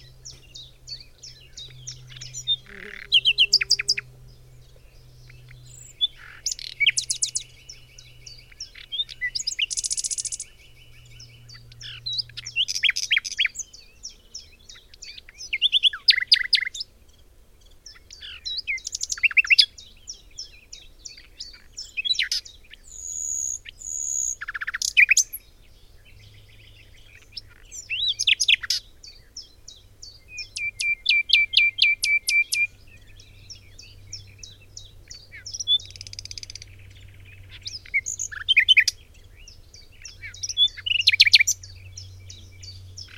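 A nightingale sings close by in a forest, delivering short varied phrases every few seconds: rapid trills, sharp whistles, buzzy rattles and piping repeated notes, with brief silences between. A low steady hum runs underneath throughout.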